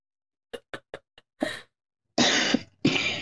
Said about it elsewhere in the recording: I have to cough, but I know y'all are gonna fucking hear it.